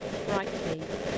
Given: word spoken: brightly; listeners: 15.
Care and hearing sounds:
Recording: one English word in noise, from a listening test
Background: noise modulated by three-talker babble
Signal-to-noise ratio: -3.0 dB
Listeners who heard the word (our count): 5 of 15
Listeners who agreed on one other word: 6 of 15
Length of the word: 0.78 s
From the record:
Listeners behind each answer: 6, 5, 2, 1, 1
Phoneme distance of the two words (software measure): 7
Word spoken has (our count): 2 syllables, 6 phonemes, stress on syllable 1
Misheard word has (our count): 2 syllables, 5 phonemes, stress on syllable 1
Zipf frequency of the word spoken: 3.53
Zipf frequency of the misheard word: 4.01

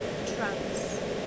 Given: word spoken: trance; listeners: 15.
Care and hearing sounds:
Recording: one English word in noise, from a listening test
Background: speech-shaped noise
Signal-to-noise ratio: -6.3 dB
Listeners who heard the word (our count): 3 of 15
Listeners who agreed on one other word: 10 of 15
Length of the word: 0.87 s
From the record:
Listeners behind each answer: 10, 3, 1, 1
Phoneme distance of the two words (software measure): 17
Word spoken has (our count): 1 syllable, 5 phonemes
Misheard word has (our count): 1 syllable, 6 phonemes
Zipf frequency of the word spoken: 3.13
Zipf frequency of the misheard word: 2.84

